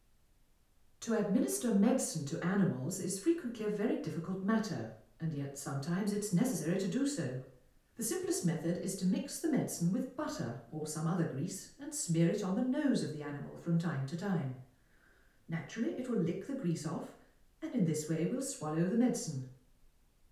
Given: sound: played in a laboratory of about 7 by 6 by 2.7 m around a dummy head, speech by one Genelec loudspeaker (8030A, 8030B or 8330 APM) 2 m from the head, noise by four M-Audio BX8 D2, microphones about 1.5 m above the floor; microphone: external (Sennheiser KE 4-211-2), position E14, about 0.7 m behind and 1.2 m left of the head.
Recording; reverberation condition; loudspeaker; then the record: female speech in English; medium; 90 degrees to the right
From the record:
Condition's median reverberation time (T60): about 510 ms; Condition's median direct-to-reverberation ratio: about -0.5 dB